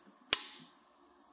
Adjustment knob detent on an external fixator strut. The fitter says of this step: and you hear another click